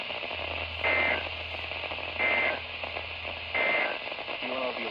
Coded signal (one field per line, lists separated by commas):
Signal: Emergency Alert System (SAME) tones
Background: speech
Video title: Tests (EAS 408-409)